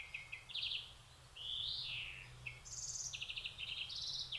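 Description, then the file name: European greenfinch calls mixing short rapid trills with a rising and falling whistled note, several notes following closely in a busy sequence. "Chloris chloris"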